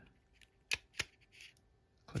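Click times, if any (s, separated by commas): 0.7 s, 1.0 s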